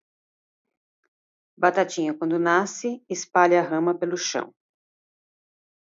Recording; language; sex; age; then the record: short text; Brazilian Portuguese; female; 50 to 59 years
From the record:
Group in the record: control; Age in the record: 59 years